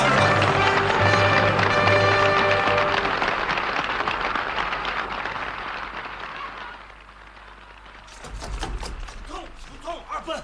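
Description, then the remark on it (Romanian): A crowd applauds a royal theatre performance, with the king applauding, in dense, steady clapping while sustained musical tones sound at the start. The applause thins out, then swells again in a brisk burst of claps near the end. “Vino pe scenă, regele aplaudă.”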